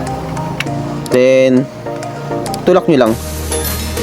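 A battery pack is set onto the back of a TXQ G63 small handheld radio with frequency copy and pushed along, with handling sounds as someone talks over background music. The clip ends before the pack goes home, so nothing has clicked or locked in yet.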